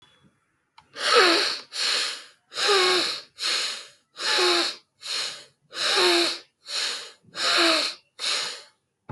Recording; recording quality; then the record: shallow breathing; excellent, no background noise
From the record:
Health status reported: exposed to COVID-19, no respiratory illness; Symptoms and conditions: none ticked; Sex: male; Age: 26 years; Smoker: not ticked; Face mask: not worn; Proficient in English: yes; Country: India